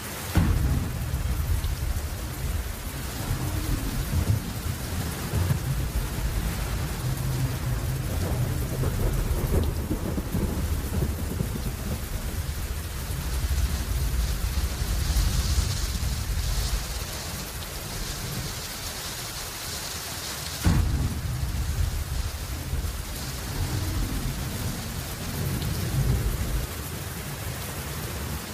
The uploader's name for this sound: Surround Sound Rain